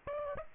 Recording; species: mosquito wingbeat signal from an infrared sensor; Aedes aegypti